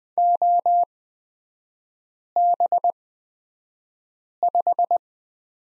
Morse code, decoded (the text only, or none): OB5